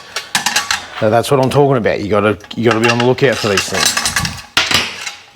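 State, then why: Seated. On a Honda HRU216 lawnmower, a swing-back blade and its D-shaped bolt are worked back into position on the blade holder after being done up half off the locating shoulder of the bolt. Someone talks over metallic taps and handling noises. At 4.6 s the metal part drops onto its locating shoulder with a sharp click and is seated.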